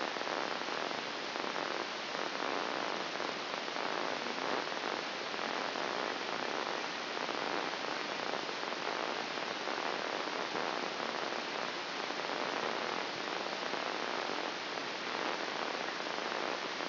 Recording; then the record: brain microelectrode recording played as sound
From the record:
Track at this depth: inside the subthalamic nucleus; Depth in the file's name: 6.105 mm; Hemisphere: left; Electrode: 2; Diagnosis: Parkinson's disease